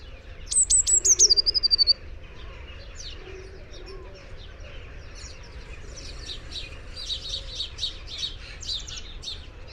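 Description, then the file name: Eurasian blue tit call, a bright high series of rapid notes sliding downward over about one and a half seconds, followed by fainter high chirps in the background. "Cyanistes caeruleus"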